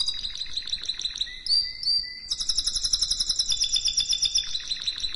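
Canary singing a rapid chattering trill, then a brief pure whistle, then a loud pulsing high roll that repeats quickly to the end.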